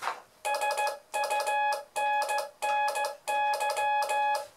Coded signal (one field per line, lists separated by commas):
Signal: Morse code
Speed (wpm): 16 wpm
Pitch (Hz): 840 Hz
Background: none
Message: SUNNY